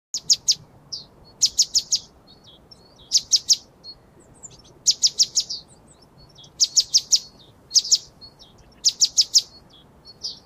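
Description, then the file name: Great tit giving repeated bursts of three or four sharp, high notes, with faint single chips scattered between the bursts. "Parus major"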